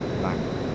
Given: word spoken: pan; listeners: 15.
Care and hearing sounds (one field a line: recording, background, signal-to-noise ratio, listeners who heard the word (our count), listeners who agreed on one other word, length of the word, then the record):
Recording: one Spanish word in noise, from a listening test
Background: speech-shaped noise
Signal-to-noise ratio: -5.9 dB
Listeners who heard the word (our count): 0 of 15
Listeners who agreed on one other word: 9 of 15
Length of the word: 0.35 s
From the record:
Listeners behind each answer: 9, 2, 2, 1, 1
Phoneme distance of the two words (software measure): 27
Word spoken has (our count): 1 syllable, 3 phonemes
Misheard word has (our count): 2 syllables, 4 phonemes, stress on syllable 1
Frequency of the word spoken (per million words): 77.24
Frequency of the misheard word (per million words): 44.64